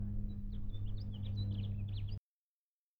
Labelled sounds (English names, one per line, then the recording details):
House Finch song
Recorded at Hewlett Harbor on Long Island, New York, on 10 June 1975
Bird E